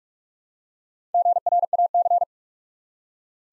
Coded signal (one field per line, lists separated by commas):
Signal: Morse code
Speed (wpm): 44 wpm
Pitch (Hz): 700 Hz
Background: none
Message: GRAC